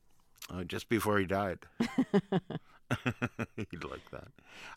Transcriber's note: laughter